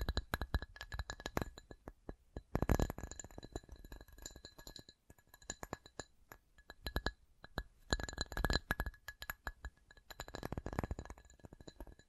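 Quick tapping sounds with a glassy, clinking ring come in dense bursts, each made of rapid clicks, with brief quieter gaps between. Busy clusters fall near the start, around three seconds, eight to nine seconds, and ten to eleven seconds. No voice is heard.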